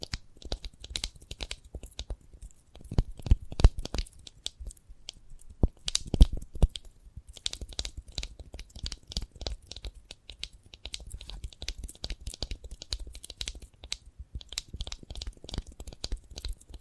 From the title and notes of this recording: ASMR of a Sprouted Coconut (No Talking).